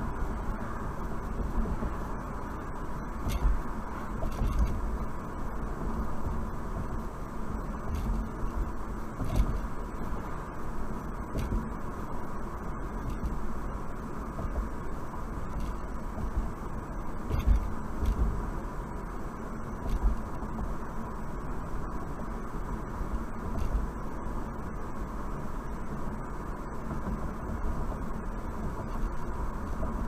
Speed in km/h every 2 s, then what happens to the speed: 61, 63, 63, 63, 63, 63, 60, 60, 60, 60, 60, 61, 61, 63, 64.
0-30 steady at about 61.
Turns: none.